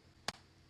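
A hot-swappable battery pack is pushed into the plastic back of a VR headstrap and seats with a single sharp, broadband click at 0.3 s over a quiet low background hum. The battery clicks firmly into place in the strap.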